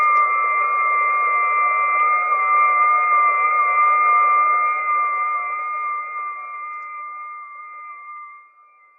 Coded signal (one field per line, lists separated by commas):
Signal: FT8